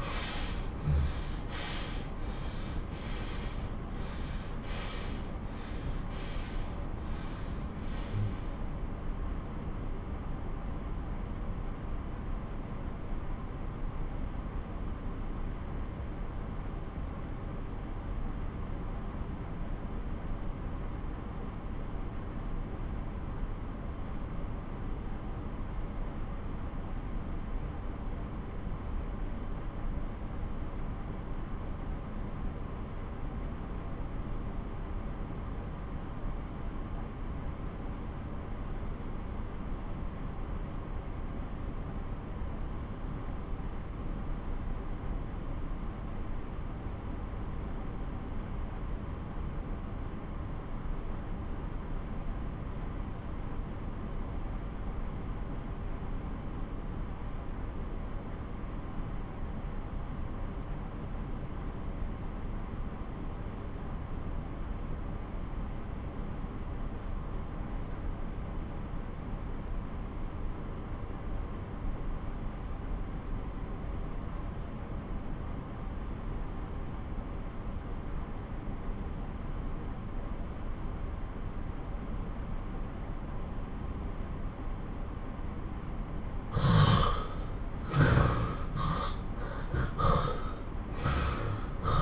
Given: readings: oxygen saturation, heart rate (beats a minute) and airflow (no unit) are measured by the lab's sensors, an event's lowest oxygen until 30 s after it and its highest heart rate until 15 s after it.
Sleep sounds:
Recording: breathing in sleep by a smartphone at the bedside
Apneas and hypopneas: 1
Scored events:
9.00-85.50 s: obstructive apnea (REM, oxygen 92% highest, then 67% lowest)
From the record:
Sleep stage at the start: REM sleep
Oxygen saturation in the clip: 67 to 92%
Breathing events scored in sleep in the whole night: 217 in 6.3 hours asleep

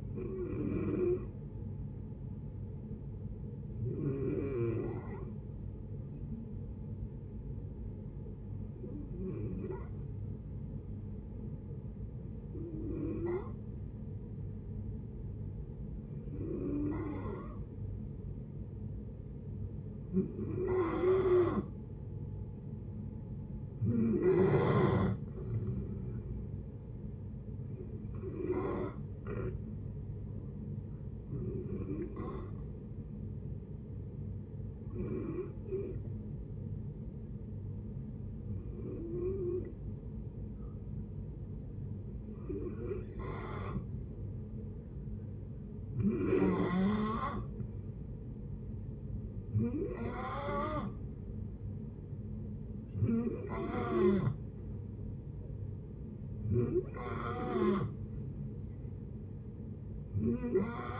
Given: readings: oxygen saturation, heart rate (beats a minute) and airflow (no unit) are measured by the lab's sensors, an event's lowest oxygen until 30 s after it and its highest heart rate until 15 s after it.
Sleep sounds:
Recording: breathing in sleep by a smartphone at the bedside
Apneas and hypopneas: 2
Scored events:
6.00-21.80 s: hypopnea (N2, oxygen 93% highest, then 89% lowest, heart rate 70 at the start, 73 highest)
32.00-48.90 s: hypopnea (N2, oxygen 93% highest, then 88% lowest, heart rate 72 at the start, 72 highest)
From the record:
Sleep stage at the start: N2 (light sleep)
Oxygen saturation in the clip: 88 to 93%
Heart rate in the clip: 60 to 74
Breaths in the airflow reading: 16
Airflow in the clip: -7.5 to 8.3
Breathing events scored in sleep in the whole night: 496 in 5.4 hours asleep

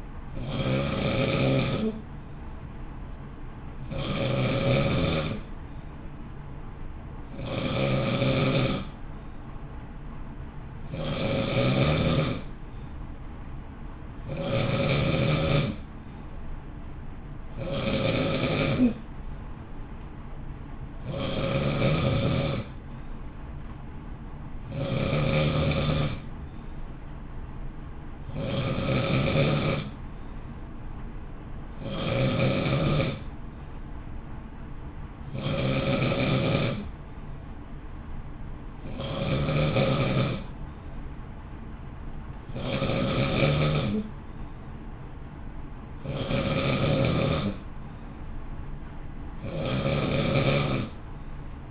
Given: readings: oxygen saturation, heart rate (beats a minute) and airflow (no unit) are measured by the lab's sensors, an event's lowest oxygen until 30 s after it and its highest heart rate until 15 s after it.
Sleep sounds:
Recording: breathing in sleep by a smartphone at the bedside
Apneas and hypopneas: none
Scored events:
none scored
From the record:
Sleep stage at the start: N2 (light sleep)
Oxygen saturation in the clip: 91 to 92%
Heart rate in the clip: 56 to 59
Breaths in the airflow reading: 21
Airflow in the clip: -0.6 to 0.6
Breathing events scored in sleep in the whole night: 328 in 6.3 hours asleep

